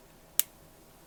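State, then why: Seated. A reassembled firing pin and bolt shroud assembly is spun in a steel rifle bolt body until it locks. A single sharp, bright click is heard at 0.4 s, and the bolt shroud is confirmed locked.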